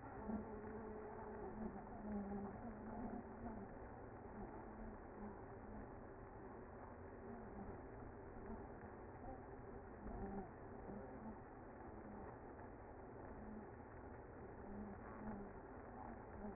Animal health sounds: honeybee colony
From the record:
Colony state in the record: active

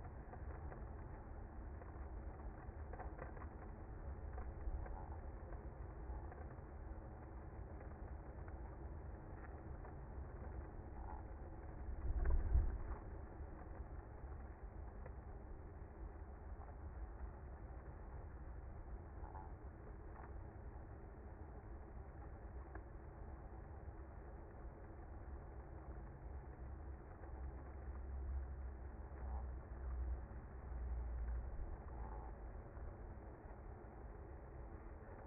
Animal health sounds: honeybee colony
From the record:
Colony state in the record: active

